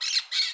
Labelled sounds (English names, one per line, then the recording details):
Brown-throated Parakeet contact call
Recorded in Curacao
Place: Hoffi Jan Thiel
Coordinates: 12.094, -68.877